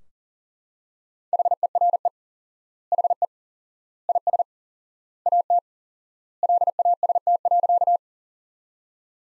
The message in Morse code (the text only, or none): HERE HE IS AT LAST.